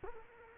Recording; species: mosquito wingbeat signal from an infrared sensor; Culex quinquefasciatus